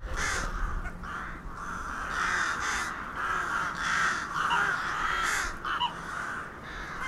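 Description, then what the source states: Crows giving many harsh caws, a busy flock chorus with louder bursts standing out against a faint steady hum. Crows recorded in Hernals, Vienna, in December 2021.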